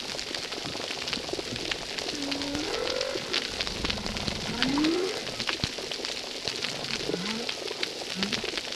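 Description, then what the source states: Humpback whale song: several rising swoops and short moans, one loud upsweep in the middle, over continuous reef crackle. Humpback whales recorded at a reef site called Recif 10; recording filtered.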